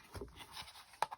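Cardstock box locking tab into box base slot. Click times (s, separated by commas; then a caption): 1.0 s. The folded paper flap of a small cardstock Stampin' Up! mini Paper Pumpkin gift box with a window is pushed so its locking tab goes into the slot at the base. After faint low rustling of the paper, a sharp, short click lands at 1.0 s, followed by a fainter tick just after. The tab seats in the slot and holds.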